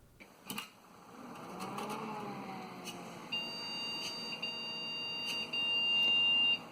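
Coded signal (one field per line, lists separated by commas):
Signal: beep code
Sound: two long high-pitched beeps, the second after a short gap, over humming noise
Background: fan noise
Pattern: 2 long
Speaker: Unfortunately, the motherboard didn't like this RAM, and I only got post-beeping codes for memory issues.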